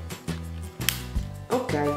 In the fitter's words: pure quello di sinistra ha fatto click.